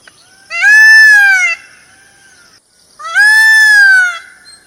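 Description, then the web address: Myna delivering two long, loud, slightly rising then falling nasal squawks, separated by near silence. "animal-sound myna-sound"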